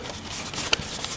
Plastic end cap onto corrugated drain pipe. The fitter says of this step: kind of snap on well here there you can hear it snapping it's on so